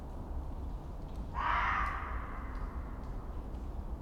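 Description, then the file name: Fox gives a single rasping scream that starts abruptly and fades away, set against a constant low background rumble. Screaming in a winter forest at night. "Fox Screaming In Winter Forest In The Night"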